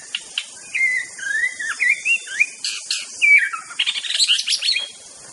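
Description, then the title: White-rumped shama song of long, wavering whistles flowing into a rapid jumble of bright, varied notes, over a high-pitched insect drone. Natural song of a wild shama in the forest. "Kicau Asli Murai Batu Hutan"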